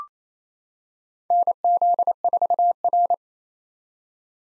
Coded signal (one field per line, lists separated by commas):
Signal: Morse code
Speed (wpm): 28 wpm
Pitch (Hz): 700 Hz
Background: none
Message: NZ4R